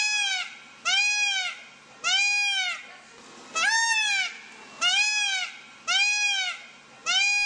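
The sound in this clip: Peacock calling with loud, trumpeting, rise-and-fall honks, about one every second, each rich and nasal.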